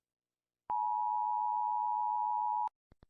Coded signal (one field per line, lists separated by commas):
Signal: Emergency Alert System (SAME) tones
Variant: 853 and 960 Hz attention tone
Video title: Rating EAS alarms